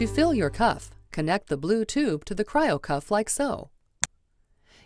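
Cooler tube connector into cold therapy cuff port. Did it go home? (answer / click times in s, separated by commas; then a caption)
yes / 4.0 s. Someone talks while the blue tube from a cooler is pushed onto the connector of a cryo cuff, a cold therapy cuff. A single sharp click at 4.0 s marks the tube connector seating securely in the cuff port.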